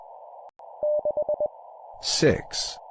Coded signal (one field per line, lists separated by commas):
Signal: Morse code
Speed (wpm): 21 wpm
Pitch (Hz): 600 Hz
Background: speech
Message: 6E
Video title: 20wpm Repeat three times Number plus human voice, CW morse code